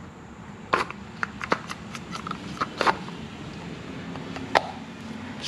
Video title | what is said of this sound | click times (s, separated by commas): 2017 Acura NSX Oil Change - Dry Sump Lubrication System | slide until it snaps so now it's in there and it's ready to be reinstalled | 4.6 s